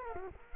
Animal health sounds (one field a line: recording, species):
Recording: mosquito wingbeat signal from an infrared sensor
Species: Culex quinquefasciatus